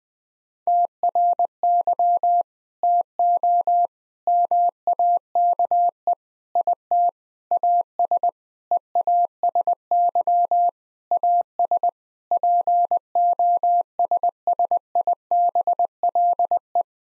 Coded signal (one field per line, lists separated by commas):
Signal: Morse code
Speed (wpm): 20 wpm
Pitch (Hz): 700 Hz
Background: none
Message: TRY TO MAKE IT AS EASY AS POSSIBLE